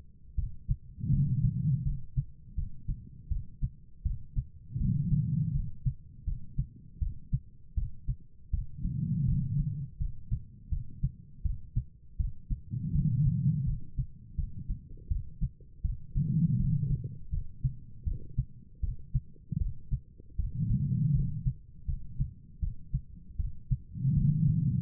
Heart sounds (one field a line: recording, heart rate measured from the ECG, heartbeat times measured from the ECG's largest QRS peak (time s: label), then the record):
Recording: heart sounds by stethoscope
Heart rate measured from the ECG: 81 bpm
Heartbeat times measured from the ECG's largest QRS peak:
0.36 s: heartbeat
1.11 s: heartbeat
1.84 s: heartbeat
2.56 s: heartbeat
3.29 s: heartbeat
4.03 s: heartbeat
4.78 s: heartbeat
5.53 s: heartbeat
6.25 s: heartbeat
6.99 s: heartbeat
7.75 s: heartbeat
8.51 s: heartbeat
9.26 s: heartbeat
9.98 s: heartbeat
10.70 s: heartbeat
11.43 s: heartbeat
12.17 s: heartbeat
12.93 s: heartbeat
13.65 s: heartbeat
14.36 s: heartbeat
15.09 s: heartbeat
15.82 s: heartbeat
16.57 s: heartbeat
17.31 s: heartbeat
18.05 s: heartbeat
18.81 s: heartbeat
19.59 s: heartbeat
20.37 s: heartbeat
21.13 s: heartbeat
21.86 s: heartbeat
22.60 s: heartbeat
23.37 s: heartbeat
24.15 s: heartbeat
From the record:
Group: healthy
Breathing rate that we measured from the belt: 16 breaths a minute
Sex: female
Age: 51 years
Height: 162 cm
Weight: 70.04 kg